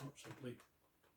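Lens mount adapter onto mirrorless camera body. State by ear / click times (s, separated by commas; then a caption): not seated / none. An EF mount adapter is handled against a mirrorless camera body, with the red alignment marks on the body and adapter lined up, while someone talks. Faint handling sounds follow the speech, but the adapter has not yet been pushed in and twisted, so nothing has seated or clicked yet.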